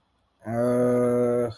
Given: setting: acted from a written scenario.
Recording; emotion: vocal sound without words; confusion